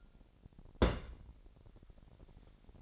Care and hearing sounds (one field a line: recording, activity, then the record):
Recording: daily activity, microphone in the room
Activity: place on stove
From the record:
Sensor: 5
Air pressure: 1012.1 hPa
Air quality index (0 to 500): 233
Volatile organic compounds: 4 ppm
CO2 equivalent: 1546 ppm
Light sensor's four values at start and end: 46/104/44/48 and 47/106/45/49